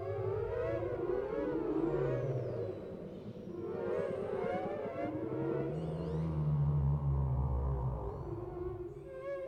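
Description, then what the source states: Whale song with long harmonic moans rising and falling, plus thin high upswept whistles, layered over a steady low rumble. Whale sounds without music, for sleep.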